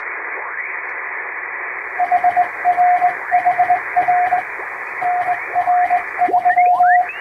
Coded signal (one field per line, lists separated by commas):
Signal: Morse code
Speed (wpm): 20 wpm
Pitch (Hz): 720 Hz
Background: radio noise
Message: HR HR NR3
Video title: 昭和が青春時代だった！昔よくラジオから聞こえたモールス符号！短波通信のモールス信号を再現しました！ノイズとフェージングを加えています。無線の受信トレーニングに！ morse code practice